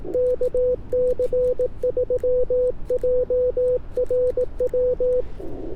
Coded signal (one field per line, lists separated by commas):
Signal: Morse code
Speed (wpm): 18 wpm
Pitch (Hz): 500 Hz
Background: radio noise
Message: KC3JRW